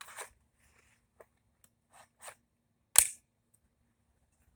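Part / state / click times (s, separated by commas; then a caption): patio umbrella canopy onto its support pole / seated / 3.0 s. A pre-assembled blue 7.5 ft patio umbrella canopy with 6 ribs is pushed down onto its support pole section, with brief rustling and scraping bursts before a sharp, loud click at 3.0 s. The canopy clicks into place on the pole and is seated.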